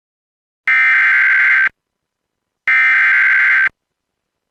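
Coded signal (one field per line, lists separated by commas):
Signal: Emergency Alert System (SAME) tones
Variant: header bursts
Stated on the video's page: EAS alerts, valid tones, from an internet station, including severe thunderstorm warnings, tornado watches, a monthly test and a special marine warning.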